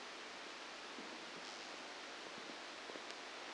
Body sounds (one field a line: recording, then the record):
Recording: brain microelectrode recording played as sound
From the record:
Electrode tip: outside the subthalamic nucleus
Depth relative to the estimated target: -6 mm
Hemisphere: left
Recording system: NeuroSet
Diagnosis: Parkinson's disease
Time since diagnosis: 9 years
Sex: female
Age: 51 years